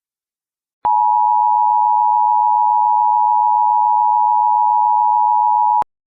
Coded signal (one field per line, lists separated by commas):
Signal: Emergency Alert System (SAME) tones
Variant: 853 and 960 Hz attention tone